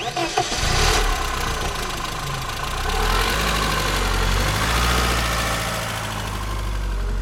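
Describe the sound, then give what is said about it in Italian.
An engine in perfect running order cranks briefly and catches, then settles into a loud, smooth, steady run with a deep hum that rises and swells slightly in pitch as it revs. “Sentiamo invece, se Filippo Aureggi ce lo fa risentire, il motore rombante, pieno di energia, il motore che ciascuno di noi vorrebbe avere per ripartire alla grande.”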